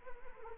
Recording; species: mosquito wingbeat signal from an infrared sensor; Anopheles arabiensis